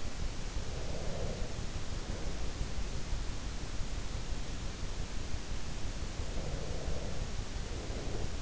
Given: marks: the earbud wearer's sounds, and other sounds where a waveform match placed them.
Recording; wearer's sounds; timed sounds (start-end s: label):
sounds in sleep by an in-ear microphone; breath
0.65-2.80 s: breath
6.34-8.42 s: breath